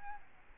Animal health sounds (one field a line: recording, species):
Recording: mosquito wingbeat signal from an infrared sensor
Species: Aedes albopictus